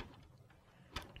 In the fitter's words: Fortunately being a PASCO Motion Sensor and a PASCO track, it snaps right in.